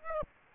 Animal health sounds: mosquito wingbeat signal from an infrared sensor; Aedes aegypti

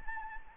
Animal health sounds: mosquito wingbeat signal from an infrared sensor; Anopheles gambiae

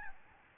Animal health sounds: mosquito wingbeat signal from an infrared sensor; Aedes albopictus

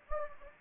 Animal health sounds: mosquito wingbeat signal from an infrared sensor; Anopheles gambiae

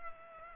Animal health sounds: mosquito wingbeat signal from an infrared sensor; Culex pipiens

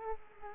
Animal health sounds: mosquito wingbeat signal from an infrared sensor; Culex quinquefasciatus

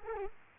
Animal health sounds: mosquito wingbeat signal from an infrared sensor; Culex quinquefasciatus

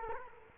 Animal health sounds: mosquito wingbeat signal from an infrared sensor; Culex quinquefasciatus

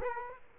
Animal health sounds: mosquito wingbeat signal from an infrared sensor; Culex quinquefasciatus

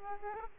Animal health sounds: mosquito wingbeat signal from an infrared sensor; Aedes aegypti

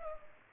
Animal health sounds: mosquito wingbeat signal from an infrared sensor; Culex pipiens

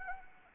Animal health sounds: mosquito wingbeat signal from an infrared sensor; Anopheles arabiensis

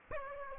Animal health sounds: mosquito wingbeat signal from an infrared sensor; Aedes aegypti

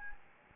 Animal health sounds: mosquito wingbeat signal from an infrared sensor; Anopheles gambiae

